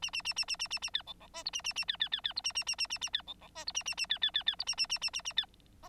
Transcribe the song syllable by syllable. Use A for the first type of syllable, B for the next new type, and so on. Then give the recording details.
A A A A A A A A B C C D E A A A B B B B E A A A A A A B C C D E A A A B B B B E A A A A A A B F. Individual Bird9